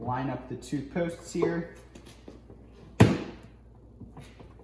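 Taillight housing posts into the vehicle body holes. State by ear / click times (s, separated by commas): seated / 3.0 s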